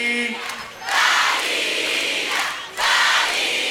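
A large concert audience in Argentina shouts the singer's name in unison during a live recording, two loud roaring bursts of voices, the second following a brief dip, with no single speaker heard.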